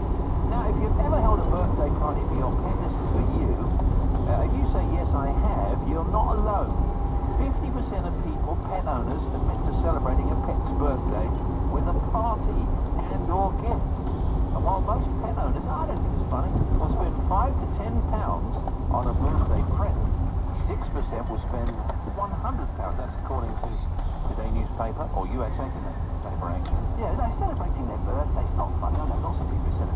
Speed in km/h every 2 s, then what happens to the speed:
35, 37, 35, 37, 35, 35, 35, 34, 32, 29, 19, 13, 15, 21, 24.
0-15 steady at about 35. 15-22 slows to 13. 22-30 speeds up to 24.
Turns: 20-24.